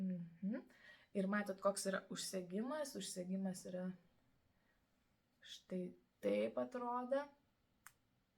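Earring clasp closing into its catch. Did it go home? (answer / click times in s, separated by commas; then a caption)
yes / 7.9 s. Someone talks while closing the clasp on a pair of metal fashion earrings, pressing it into its catch. A sharp, short click is heard at 7.9 s as the clasp snaps shut and locks securely.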